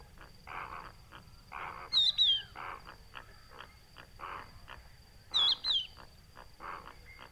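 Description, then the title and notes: Crested lark call: two plaintive whistled double notes slurring downward, about three seconds apart, over a busy background of repeated lower pulsed sounds. Adult calling to its fellows with a plaintive whistled call, hidden in Camargue salt marsh, Etang du Vaccarès, 5 September 2020, about an hour after sunrise; Nagra Seven, Telinga Pro7. "COCHEVIS DU VACCARES. Etang du Vaccares - Camargue - 05 septembre 2020. son appel sifflet et plaintif. un adulte de Cochevis huppé (Galerida cristata) qui appel ses congénères"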